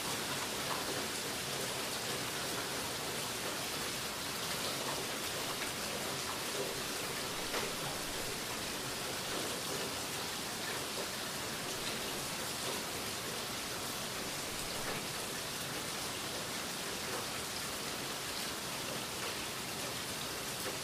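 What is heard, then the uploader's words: Steady rain falls in a dense, even hiss that stays bright and constant for the whole stretch, with no pauses or swells. Faint individual drops tick through the wash now and then, and no distinct thunder stands out. Rain Sounds.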